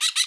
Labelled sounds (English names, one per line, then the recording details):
Brown-throated Parakeet contact call
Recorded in Bonaire
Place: 1 km E of roosting area just N of Seru Largu
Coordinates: 12.199, -68.268